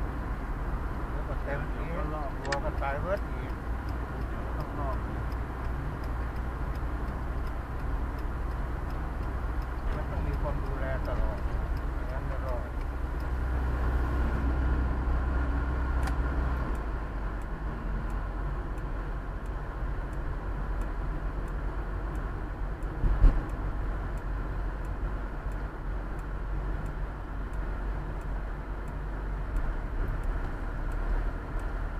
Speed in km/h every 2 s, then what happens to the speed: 47, 47, 48, 48, 49, 50, 50, 50, 50, 47, 45, 42, 39, 34, 31, 30.
0-16 steady at about 49. 16-27 slows to 31.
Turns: none.